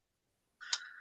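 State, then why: Seated. A plastic action figure's chest joint, a butterfly joint that puffs out the chest, is pushed all the way forward into its torso ratchet. After about 0.6 s of silence, a soft rubbing sound begins, and a sharp little click lands at 0.7 s as the joint locks into the fully forward position.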